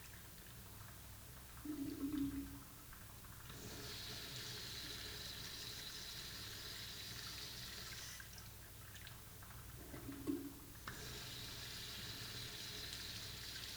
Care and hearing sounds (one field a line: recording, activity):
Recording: daily activity, guitar pickup as the sensor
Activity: flush